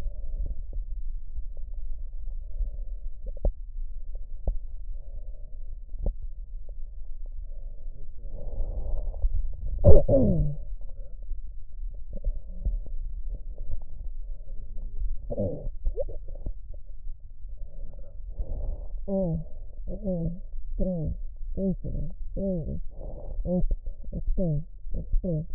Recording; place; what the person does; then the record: lung sounds by stethoscope; right posterior basal chest; quiet breathing, then cough and speech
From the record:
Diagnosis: interstitial lung disease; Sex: female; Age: 72 years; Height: 153 cm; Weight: 71 kg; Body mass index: 30.3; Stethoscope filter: extended mode